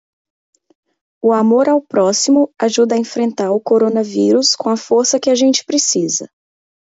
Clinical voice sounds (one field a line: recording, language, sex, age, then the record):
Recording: spoken sentence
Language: Brazilian Portuguese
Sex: female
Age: 30 to 39 years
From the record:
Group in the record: control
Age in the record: 32 years